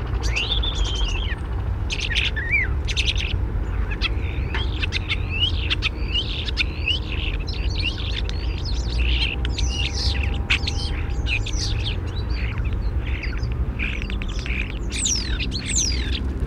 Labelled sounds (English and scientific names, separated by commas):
European Starling (Sturnus vulgaris)